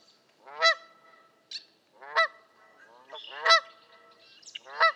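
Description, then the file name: Canada goose calling loudly, strong nasal honks about every second and a half. "kanadai lud hangja"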